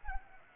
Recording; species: mosquito wingbeat signal from an infrared sensor; Culex pipiens